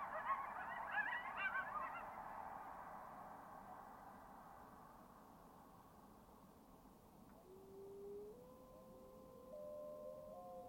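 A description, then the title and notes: Coyotes and wolves call in a deep basaltic-walled glacial valley, a burst of yipping and wavering howls in the first two seconds that fades into a long reverberant wash. After about seven seconds, thin, steady howls rise and hold in stepped pitches over a low, constant rumble. Coyotes And Wolves Call-and-Response. Coyotes and Wolves seemingly not wanting to be outdone, their howls drown in the lush reverberation of a deep basaltic-walled glacial valley.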